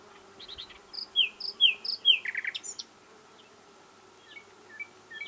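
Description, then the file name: Common nightingale singing several clear descending slurred whistles, then a loud burst of thick rattling notes, followed by faint scattered chirps. "Luscinia megarhynchos"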